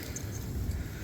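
A crimped terminal pin is handled and worked toward the plastic coil pack connector housing of a 2019 Audi 8V RS3 during a depin and repin repair. Low rumble fills the clip, with a brief faint tick near 0.2 s. Nothing has seated or clicked yet.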